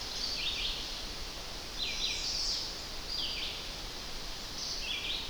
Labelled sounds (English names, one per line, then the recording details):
Red-eyed Vireo song
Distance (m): 55 m
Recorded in boreal forest in Alberta, Canada, on 10 June 2016 at 07:12
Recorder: SongMeter 3, array SBT-3-39
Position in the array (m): 201 m, 126 m